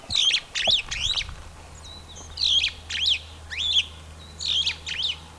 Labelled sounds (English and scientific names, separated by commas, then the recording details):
Superb Starling (Lamprotornis superbus) flight call
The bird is a male
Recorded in Kenya on 9 April 2009 at 08:33
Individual 63, of group MRCV